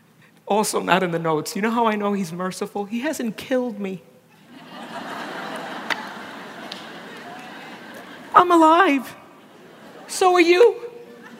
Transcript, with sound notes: Also not in the notes—you know how I know He’s merciful? He hasn’t killed me. (laughter) I’m alive! So are you!